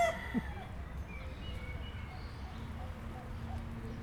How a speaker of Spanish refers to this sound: ¿Echan kikis, dijiste? ¿Ese que canta? Ese es un kiki. Es un gallo.